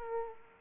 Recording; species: mosquito wingbeat signal from an infrared sensor; Aedes aegypti